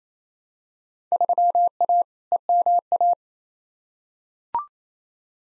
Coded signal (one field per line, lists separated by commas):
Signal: Morse code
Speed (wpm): 27 wpm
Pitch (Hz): 700 Hz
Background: none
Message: 3A EMA